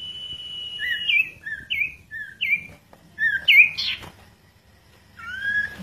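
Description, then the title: Bird singing clear whistled notes in a bouncing high-low sequence with pauses, ending in a rising slurred whistle, over faint low background rumble. "Kicau Burung Yoi"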